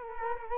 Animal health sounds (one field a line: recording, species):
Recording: mosquito wingbeat signal from an infrared sensor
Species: Culex quinquefasciatus